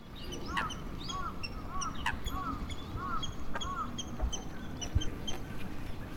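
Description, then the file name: Water rail calling in a series of short arched notes, repeated evenly, over a steady low rumble, with high thin pips above. Recorded January 2011. "201101 kuina"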